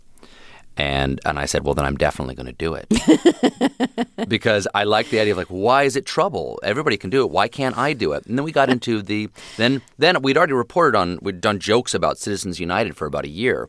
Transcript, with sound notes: And I said, Well, then I'm definitely going to do it.
(LAUGHTER)
Because I like the idea of like why is it trouble? Everybody can do it. Why can't I do it? And then we got into the - then - we had already reported on, we'd done jokes about Citizens United for about a year.